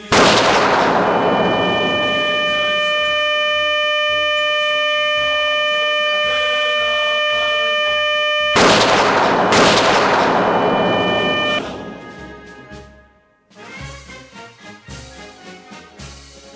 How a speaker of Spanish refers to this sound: Lesiones auditivas premeditadas, provocadas por disparos de fusil junto a los oídos